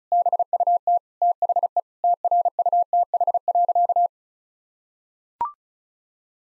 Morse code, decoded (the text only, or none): BUT THE TRUTH.